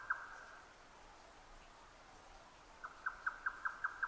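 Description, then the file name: Grey nightjar song: a single sharp note, a quiet gap, then a run of evenly spaced knocking notes. Recorded 12 June 2009 at 22:41. "yotaka 20090612 2241"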